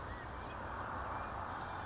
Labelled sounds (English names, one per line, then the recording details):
California Quail
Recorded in Sonoma County, California